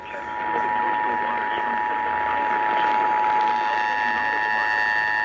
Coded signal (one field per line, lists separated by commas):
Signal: Emergency Alert System (SAME) tones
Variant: 853 and 960 Hz attention tone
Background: speech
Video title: West Virginia Amber Alert on WWVA(EAS 810)